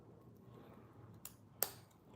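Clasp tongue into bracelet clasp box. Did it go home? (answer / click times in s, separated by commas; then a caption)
yes / 1.6 s. The tongue of the slightly wonky side-opening clasp on a vintage turquoise bracelet is pushed into its clasp box over a quiet background. A faint tick at 1.3 s precedes a sharp, bright click at 1.6 s as the clasp seats and snaps shut.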